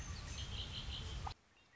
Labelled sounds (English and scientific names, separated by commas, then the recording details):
Red-winged Blackbird (Agelaius phoeniceus)
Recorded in Sonoma County, California